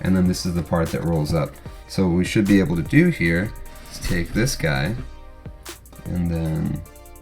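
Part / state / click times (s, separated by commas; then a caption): magnetic folio cover onto tablet back / not seated / none. A magnetic folio-style protective cover is being lined up on the back of a tablet while someone talks over background music. Two faint, short ticks at about 5.5 s and 5.9 s are heard as it is handled. Nothing has seated or snapped into place yet.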